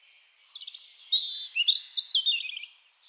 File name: Erithacus rubecula